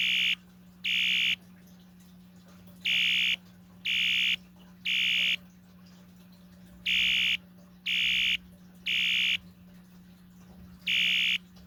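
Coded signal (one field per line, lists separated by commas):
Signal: alarm pattern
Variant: Wheelock electronic horn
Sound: harsh buzzing horn sounding three half-second blasts, pause, repeating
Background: low electrical hum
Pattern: temporal three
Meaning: Fire alarm evacuation signal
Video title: 1985 Wheelock ES-DL1-WS-24DC Temporal Code 3 Fire Alarm Sound Effect - DUSMC vs System Sensor MDL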